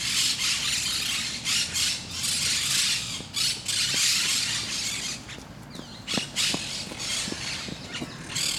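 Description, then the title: Parakeets giving harsh, rasping screeches in quick succession, with brief gaps and a few sharp clicking sounds near the end. Parc de Forest, Saint-Gilles, Belgium; recorded with Sony PCM-D100 internal microphones set in wide position. "Parc de Forest, 1060 Saint-Gilles, Belgique - Parakeets - Perruches"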